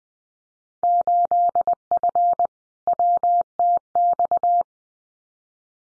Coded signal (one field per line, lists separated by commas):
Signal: Morse code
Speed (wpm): 20 wpm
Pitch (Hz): 700 Hz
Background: none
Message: 8F WTX